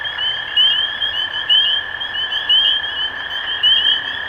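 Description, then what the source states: Spring peepers calling, bright rising peeps about once a second amid a chorus, with a steady lower trill behind them. Recorded 23 March 2012.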